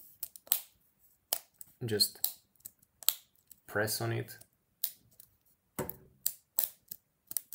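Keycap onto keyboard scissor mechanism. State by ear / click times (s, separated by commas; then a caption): seated / 4.8 s, 6.3 s, 6.6 s, 7.4 s, 7.5 s. A plastic keycap on a Logitech MX Keys keyboard is pressed back onto its scissor hinge while someone talks. Sharp clicks sound at 4.8, 6.3, 6.6, 7.4 and 7.5 seconds as the keycap snaps into place. The keycap is seated back on.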